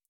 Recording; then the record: hydrophone in a shrimp aquaculture tank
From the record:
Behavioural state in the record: feeding